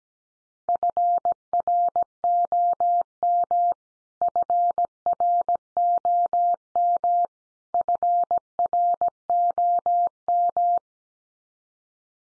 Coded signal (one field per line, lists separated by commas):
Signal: Morse code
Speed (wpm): 17 wpm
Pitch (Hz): 700 Hz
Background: none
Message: FROM FROM FROM